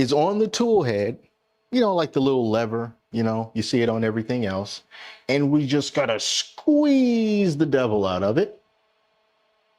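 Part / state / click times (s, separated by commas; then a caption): filament cutter lever on a 3D printer tool head / not seated / none. A man talks about the small plastic filament-cutter lever on the tool head of a Flashforge Creator 5 3D printer, which has to be squeezed hard until it clicks. Only speech with a faint steady hum is heard, and no click sounds in the clip. Nothing has clicked or seated yet.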